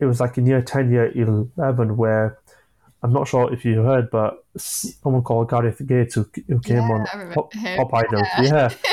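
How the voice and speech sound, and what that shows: A 25-year-old man who has stammered since early childhood, beginning at age 5 or 6 after an asthma attack, speaks conversationally with a few disfluencies: a prolonged initial 's' on 'someone', a repeated 'who', stretched word endings and a pause of nearly a second mid-sentence. These repetitions, prolongations and hesitations are typical of a mild stammer.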